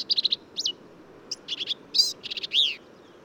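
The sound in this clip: Black-capped vireo: a rapid run of repeated high chips, then a slurred note and further buzzy, rising-and-falling phrases in quick succession.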